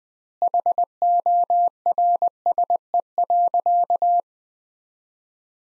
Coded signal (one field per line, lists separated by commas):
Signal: Morse code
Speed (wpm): 19 wpm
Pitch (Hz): 700 Hz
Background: none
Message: HORSE.